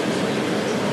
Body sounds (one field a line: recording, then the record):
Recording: background sound without coughing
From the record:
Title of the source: Office Sounds Ambience - Background Noise for Study and Work